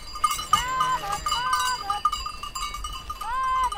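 Several sheep bleat in overlapping, wavering cries over a steady jangle of cowbells, with a continuous outdoor hiss beneath the flock, as the sheep slowly follow the cows and graze on an alpine pasture in the Swiss Alps.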